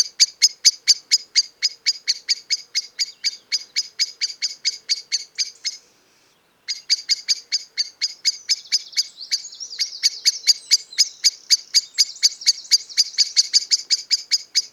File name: Turdus merula